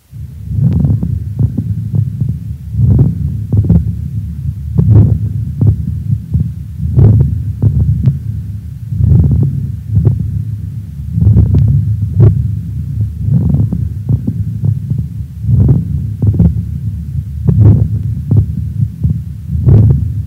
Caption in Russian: Влажные, звонкие, мелкопузырчатые хрипы у больного с острой бронхопневмонией. Обратите внимание на хорошую слышимость хрипов.